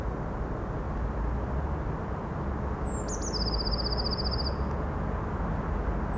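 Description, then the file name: Eurasian blue tit sings a short phrase, high sliding notes followed by a rapid, level trill, against constant deep background rumble. "Cyanistes caeruleus"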